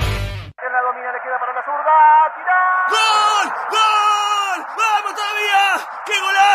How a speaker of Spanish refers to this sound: No fue gol. Offside. El VAR acaba de decir que es offside. Te puedes equivocar gritando un gol